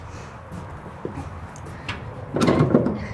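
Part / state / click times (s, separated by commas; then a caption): stall divider latch into its mounting on the trailer wall / seated / 1.9 s, 2.4 s. A metal latch on a stall divider of a 2024 Cimarron Norstar 6-horse head-to-head warmblood trailer with Aire Ride is pulled up and worked into its mounting on the trailer wall. Two sharp metallic hits sound at 1.9 s and 2.4 s, the second followed by a louder, longer rattle. The latch locks into place.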